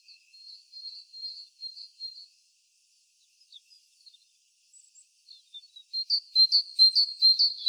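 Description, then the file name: Great tit calls: softer high notes at first, scattered faint ones after a pause, then a loud, rapid run of repeated notes at the end. "Parus major"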